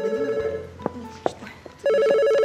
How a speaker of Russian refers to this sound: Жень, телефон!